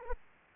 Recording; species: mosquito wingbeat signal from an infrared sensor; Aedes aegypti